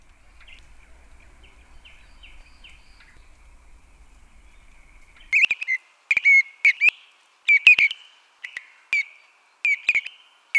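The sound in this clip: Bird song: a few faint short high notes in the first seconds, then a series of loud sharp chirps and clipped whistles in irregular bursts.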